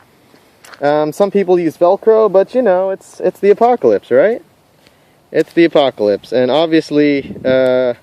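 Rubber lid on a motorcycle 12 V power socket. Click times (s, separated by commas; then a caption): 0.7 s. A thumb presses the rubber dust lid of a motorcycle 12 V power socket down until it locks into place over the socket, giving a sharp tick at 0.6 s. Someone then talks for the rest of the clip.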